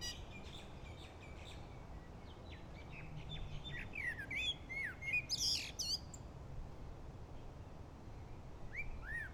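Bird song, a tangle of high chirps and falling whistles that grows busier in the middle, with a soft low background hum.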